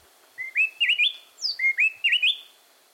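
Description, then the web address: Gray-breasted Wood Wren pair duetting with two quick bursts of ringing whistles, each a rising slur followed by sharp up-and-down notes, tightly linked as one song. Mated pair singing an antiphonal duet, each bird a different phrase; mountains of southern Mexico; pairs use song to hold breeding territories. "Birdnote. Wood Wrens A Tropical Duet"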